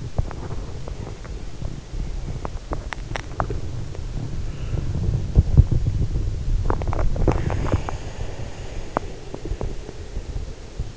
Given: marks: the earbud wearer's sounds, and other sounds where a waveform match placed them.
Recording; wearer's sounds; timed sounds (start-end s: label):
sounds in sleep by an in-ear microphone; body movement, teeth grinding, breath
0.00-10.97 s: body movement
2.24-3.69 s: teeth grinding
4.32-9.15 s: breath
5.23-8.06 s: teeth grinding
8.81-9.81 s: teeth grinding